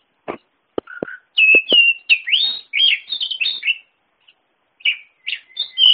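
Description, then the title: Oriental magpie-robin song: a few sharp clicks, then a rush of varied whistled and scratchy notes, trailing into scattered high phrases. "kacer"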